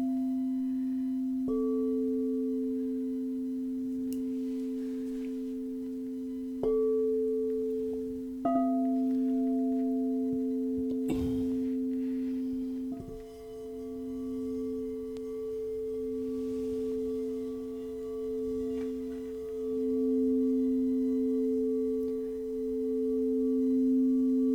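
Crystal singing bowls hold one steady, low-mid ringing tone for the whole stretch, with higher bowl tones joining at about 1.5, 7 and 8.5 seconds. A brief rushing sweep breaks in near 11 seconds, after which the tones pulse and waver gently.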